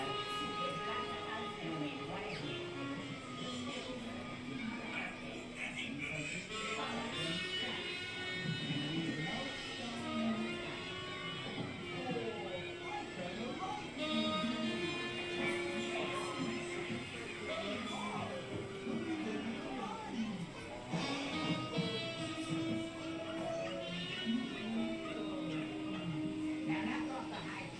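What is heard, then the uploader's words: A busy cartoon-themed area of an amusement park, recorded in stereo, with overlapping voices of a crowd. Steady tones from music or rides sound throughout, and brief louder shouts and clatters pop up every few seconds. Mickey's Toon Town, Disneyland Binaural Recording. In this episode, we go on another audio adventure through Disneyland Park in Anaheim, California. This time we stroll through Mickey's Toon Town just days before they were scheduled to shut down for a year of maintenance and refurbishment.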